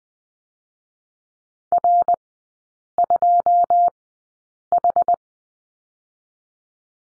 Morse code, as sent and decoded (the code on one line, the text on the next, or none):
.-. / ..--- / ....
R 2 H